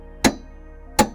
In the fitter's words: hear that click that means it is at the 60 so that is as tight as it should be